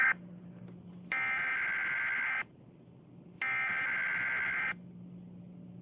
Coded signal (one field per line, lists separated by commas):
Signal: Emergency Alert System (SAME) tones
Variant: header bursts